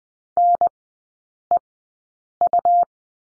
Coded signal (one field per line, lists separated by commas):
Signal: Morse code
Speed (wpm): 20 wpm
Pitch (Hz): 700 Hz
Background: none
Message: NEU